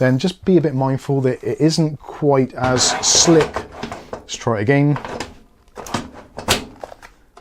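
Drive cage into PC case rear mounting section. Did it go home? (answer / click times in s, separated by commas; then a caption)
yes / 5.9 s. Someone talks, then a metal drive cage is pushed back into its rear mounting section inside a be quiet! Pure Base 501 Air Window PC case. A short run of sharp metallic knocks follows, with the cage locking into place at 5.9 s. It is seated, though its thumb screws still don't line up.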